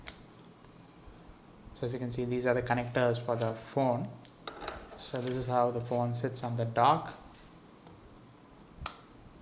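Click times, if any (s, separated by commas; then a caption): 8.9 s. Someone talks while a Sony Xperia Z Ultra smartphone is placed on its magnetic charging dock, model DK30, made in China, so the phone's side charging pins meet the dock connectors. At 8.9 s the magnet pulls the phone into place with a single sharp click, and the phone is seated on the dock.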